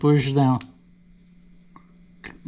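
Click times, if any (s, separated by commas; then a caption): 1.8 s, 2.3 s. Someone talks briefly, then a DJI wireless microphone receiver is pushed down into its holder on a GoPro camera mount. Two sharp clicks sound at 1.8 s and 2.3 s over a faint steady hum, and the receiver is seated in the mount.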